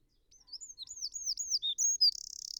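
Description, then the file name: Eurasian wren with a quick string of high slurred whistles that finishes in a rapid, dry rattle. "Troglodytes troglodytes"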